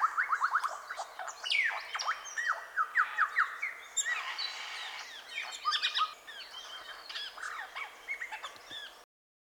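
Superb lyrebird song opening with a rapid run of falling notes, then a busy jumble of chips, whistles, rattles and buzzy sounds that continues until it cuts off.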